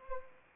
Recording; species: mosquito wingbeat signal from an infrared sensor; Anopheles arabiensis